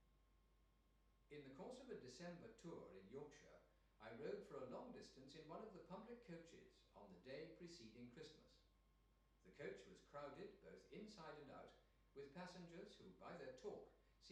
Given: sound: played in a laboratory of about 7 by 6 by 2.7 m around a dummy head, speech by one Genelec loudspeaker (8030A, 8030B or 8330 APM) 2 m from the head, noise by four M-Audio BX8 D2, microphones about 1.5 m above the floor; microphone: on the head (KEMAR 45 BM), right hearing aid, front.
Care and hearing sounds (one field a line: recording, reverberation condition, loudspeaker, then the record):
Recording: male speech in English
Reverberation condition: medium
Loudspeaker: 30 degrees to the left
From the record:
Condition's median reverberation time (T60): about 510 ms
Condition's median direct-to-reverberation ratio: about -0.5 dB